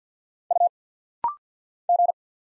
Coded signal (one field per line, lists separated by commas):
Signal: Morse code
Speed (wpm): 50 wpm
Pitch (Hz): 700 Hz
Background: none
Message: U G